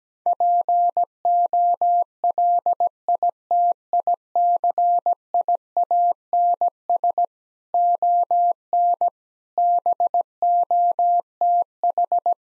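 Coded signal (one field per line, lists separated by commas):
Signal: Morse code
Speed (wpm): 17 wpm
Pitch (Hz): 700 Hz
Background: none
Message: POLITICIANS ON BOTH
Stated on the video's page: Morse copying practice of sentences with common six-word phrases at 17 wpm.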